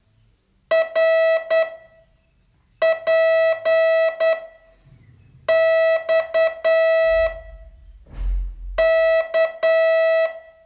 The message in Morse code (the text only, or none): R P X K